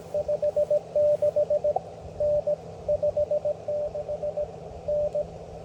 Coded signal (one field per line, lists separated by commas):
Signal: Morse code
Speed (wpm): 18 wpm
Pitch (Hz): 590 Hz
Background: radio noise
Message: 56N 56N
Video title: W3GTR Takes the One Pound POTA Challenge